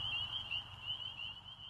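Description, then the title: Spring peepers calling in a dense chorus, shrill high peeps overlapping into a steady wavering band, with a faint low rumble underneath. "Something Wild: Peepers"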